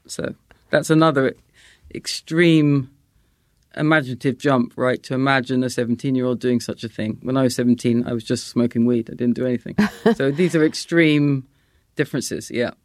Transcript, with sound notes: so that's another extreme imaginative jump, right, to imagine a 17-year-old doing such a thing. When I was 17, I was just smoking weed. I didn't do anything.
(Laughter).
So these are extreme differences, yeah.